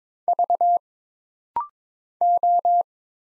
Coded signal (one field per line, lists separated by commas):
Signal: Morse code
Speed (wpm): 22 wpm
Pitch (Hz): 700 Hz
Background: none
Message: V O